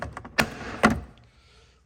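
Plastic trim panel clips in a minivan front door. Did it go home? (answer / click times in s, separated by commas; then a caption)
released / 0.4 s, 0.9 s. Someone pries up the back of a plastic door trim panel near the mirror on a Toyota Sienna minivan front door while replacing the mirror. After a few light taps, two sharp pops ring out at 0.4 s and 0.9 s as the panel's retaining clips pop free and release.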